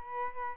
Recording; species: mosquito wingbeat signal from an infrared sensor; Aedes albopictus